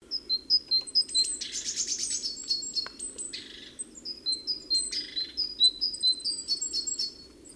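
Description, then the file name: Great tit calls: rapid high thin notes mixed with a buzzy chatter burst, several notes a second, over a low steady hum. "Parus major"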